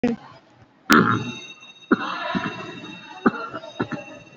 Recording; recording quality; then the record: heavy voluntary cough; excellent, no background noise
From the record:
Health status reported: COVID-19 positive, moderate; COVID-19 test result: positive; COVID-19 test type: RT-PCR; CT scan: taken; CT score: 5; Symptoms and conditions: cough, cold, breathing difficulty, sore throat, fever, fatigue, muscle pain, loss of smell and taste, pneumonia, another condition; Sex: male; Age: 60 years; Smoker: yes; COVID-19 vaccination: none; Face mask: worn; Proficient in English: yes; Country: India